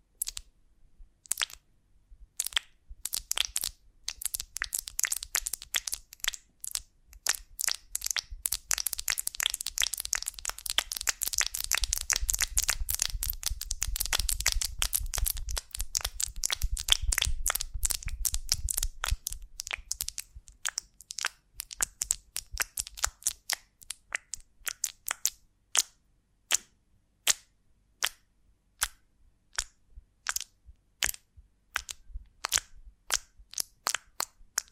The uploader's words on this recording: ASMR of a Honeycomb on Branch (No Talking).